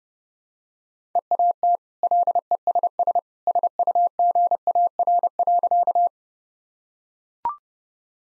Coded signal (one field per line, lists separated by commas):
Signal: Morse code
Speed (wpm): 32 wpm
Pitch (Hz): 700 Hz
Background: none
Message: EAT LESS SUGAR.